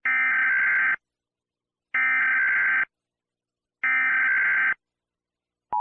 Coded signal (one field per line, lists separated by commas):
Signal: Emergency Alert System (SAME) tones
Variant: header bursts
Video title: ACAP TESTING (EAS)